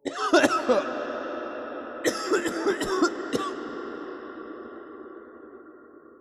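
An adult coughing in two short bouts of several quick, harsh bursts each.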